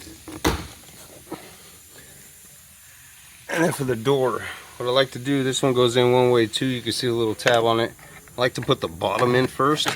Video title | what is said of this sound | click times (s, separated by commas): Broken Inner Door Handle replacement - Chevy Silverado - | and I'll snap into place and | 0.5 s